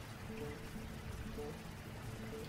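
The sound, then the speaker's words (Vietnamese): A steady, soft wash of falling rain, an even hiss spread across the whole range without distinct drops, holding at the same low level throughout with no voices. “Thật ra tôi vẫn thích đứng dưới hiên ngắm mưa như thế.”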